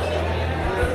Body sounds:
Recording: background sound without coughing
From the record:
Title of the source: CITY SOUNDS Busy Bar in the Evening Night - 2 HOURS of Ambiance for Relaxation

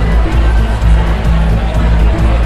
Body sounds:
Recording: background sound without coughing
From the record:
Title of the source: Party Noise 1 Hour Party Ambience

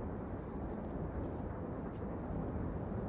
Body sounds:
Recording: background sound without coughing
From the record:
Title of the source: Train Ride Ambience ambient white noise for sleeping, focus, studying, reading

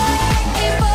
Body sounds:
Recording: coughing mixed with background sound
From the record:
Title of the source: Female coughing - Sound effects

